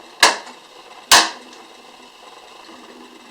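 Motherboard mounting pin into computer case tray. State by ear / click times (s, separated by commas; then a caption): seated / 1.1 s. A gold mounting pin (standoff) is forced by hand into a computer case's motherboard tray. A sharp snap sounds at 0.2 s, then a louder snap at 1.1 s as the pin seats, followed by quiet. The pin is confirmed seated in the tray.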